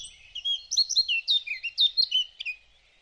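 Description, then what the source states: Eurasian blackcap song: a brief, lively phrase of clear, fluting warbled notes running quickly up and down, lasting about two seconds. Singing bird perched overhead by a lake on a sunny, hot day, recorded with a parabolic microphone.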